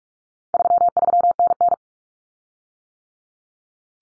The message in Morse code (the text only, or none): 33NN